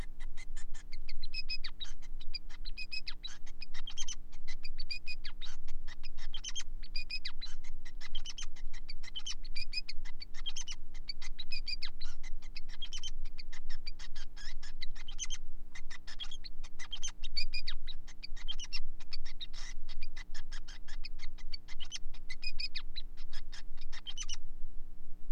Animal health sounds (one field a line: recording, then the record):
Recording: song of a male Bengalese finch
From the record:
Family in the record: son of father 5